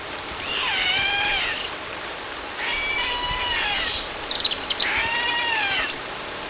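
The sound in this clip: Bird calls: three long, drawn-out whistled calls that arch gently, each with layered overtones, over steady hiss, plus a few sharp high chips in the latter part.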